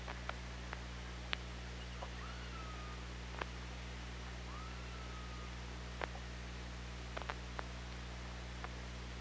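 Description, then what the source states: Killer whale calls underwater, two soft rising-then-level tonal cries amid widely spaced clicks and a constant low hum. Recorded on OrcaLab hydrophone, 24 August 2017, 18:03:36.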